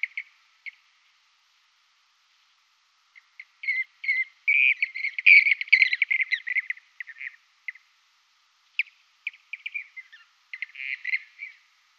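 Blue-cheeked bee-eater song: rolling, trilled chirps scattered at first, then a dense burst of rippling notes midway, followed by short separate trills.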